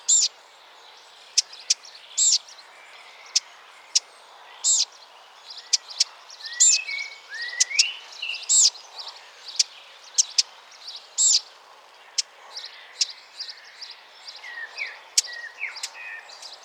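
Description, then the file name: Eurasian blackcap giving sharp, dry tacking clicks at irregular intervals, with thin whistles and short buzzy notes in the background. "Sylvia atricapilla"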